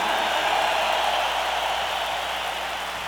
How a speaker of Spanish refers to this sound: ¡Que se oiga un aplauso chido para estos niños, banda!